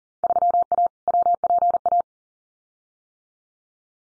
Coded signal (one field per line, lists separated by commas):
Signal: Morse code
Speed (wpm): 38 wpm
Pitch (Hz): 700 Hz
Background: none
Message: 3A WPA